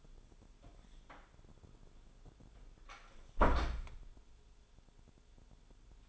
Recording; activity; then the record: daily activity, microphone in the room; close door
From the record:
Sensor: 5